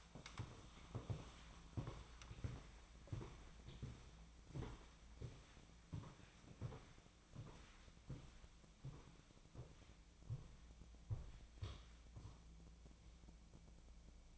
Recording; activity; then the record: daily activity, microphone in the room; walk to room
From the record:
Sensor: 1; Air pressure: 1010.1 hPa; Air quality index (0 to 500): 182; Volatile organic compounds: 15 ppm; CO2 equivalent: 2502 ppm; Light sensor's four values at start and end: 37/97/39/49 and 39/101/42/52